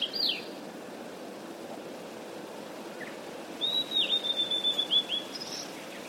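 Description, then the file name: Blue-and-white flycatcher song: a brief high note at the start, then a whistled phrase running into a rapid stuttering trill, with constant low hiss behind. "ooruri"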